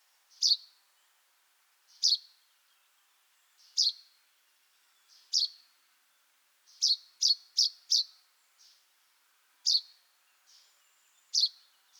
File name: Fringilla coelebs